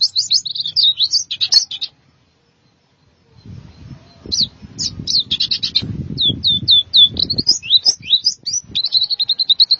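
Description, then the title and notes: White-eye song in two bursts of rapid, high, tinkling notes separated by a short pause, with low rumbling noise under the second burst. "Suara kicauan burung pleci"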